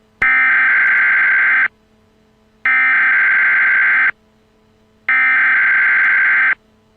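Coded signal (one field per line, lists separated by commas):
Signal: Emergency Alert System (SAME) tones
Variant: header bursts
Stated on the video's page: Simulated Severe Thunderstorm Warning scenario.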